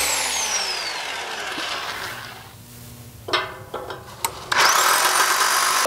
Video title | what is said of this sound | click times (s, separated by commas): Anchoring an Aquarium Stand to the floor | this one didn't catch so it's a very shallow anchor and that means it's a weak anchor | none